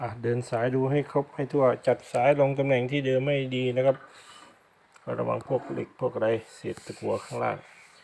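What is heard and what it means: A wire connector is being handled at a socket inside a CRT television while someone talks, with faint rubbing and handling noises in the quieter gaps. Nothing has seated or clicked yet.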